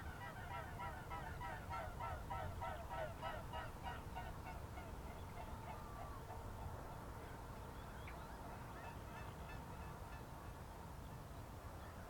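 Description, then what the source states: Swan calls: a series of short, nasal honking notes repeated quickly during the first half, heard over a steady low rumble of background noise. Flying over; 19 April 2015, 06:30.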